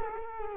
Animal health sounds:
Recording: mosquito wingbeat signal from an infrared sensor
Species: Culex quinquefasciatus

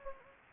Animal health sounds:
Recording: mosquito wingbeat signal from an infrared sensor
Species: Anopheles gambiae

